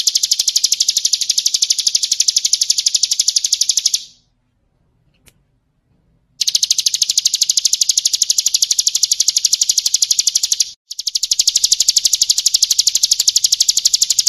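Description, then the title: Bird delivering long sustained high trills of steady rapid pulses, broken by a two-second silence and a brief gap. Masteran (songbird training recording), described as the most complete bird collection. "Masteran burung terlengkap"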